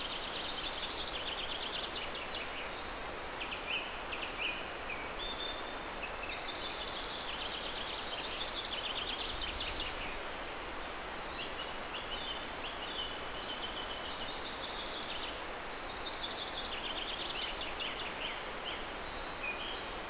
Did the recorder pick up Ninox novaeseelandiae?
no